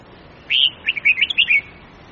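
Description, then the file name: Red-whiskered bulbul giving a single brisk phrase of warbled, up-and-down notes lasting just over a second. Huế-type bulbul; long-phrase song with 9 to 12 notes, changing its phrasing continuously. "tieng-chao-mao-hue-so-giong-dai-am-9-10-11-12-dao-giong-lien-tuc"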